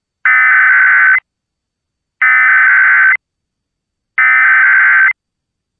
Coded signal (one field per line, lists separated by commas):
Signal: Emergency Alert System (SAME) tones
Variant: header bursts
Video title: A Lot of Monthly Tuesday (EAS #26705-26742) 6/3/25